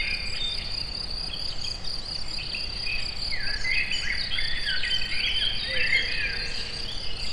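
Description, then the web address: Cricket producing an unbroken high pulsed trill, with birds chirping and whistling short notes on top and faint low noise. Recorded in nature at a forest edge near the Eger tourist house, amid assorted sounds. "tucsok. mindenfeleazerdoszelen egerturistahaz"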